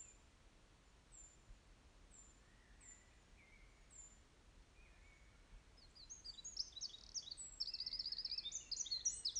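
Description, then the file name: Eurasian wren song bursting in after about six seconds of faint repeated high notes and hiss, a rapid run of high buzzy notes and a fast trill. "Troglodytes troglodytes"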